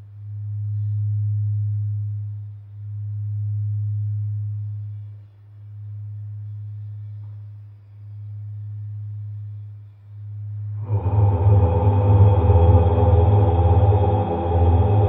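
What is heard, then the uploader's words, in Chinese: A singing bowl opens with a low, pure hum that swells and fades in slow, even waves about every two and a half seconds. Near the eleven-second mark a louder, richer ring takes over, thick with bright shimmering overtones that waver unsteadily to the end. OM唵丨颂砵丨静心音乐丨天人合一432Hz。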